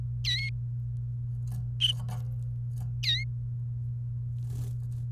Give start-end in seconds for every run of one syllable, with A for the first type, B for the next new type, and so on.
0.24-0.50 A, 3.03-3.24 A